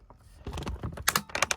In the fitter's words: CL down on both sides until it clicks and yeah it's upside down cuz I like to have all the extra